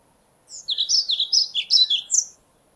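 European pied flycatcher song: a quick, high, sweet phrase of many sharp notes lasting about two seconds.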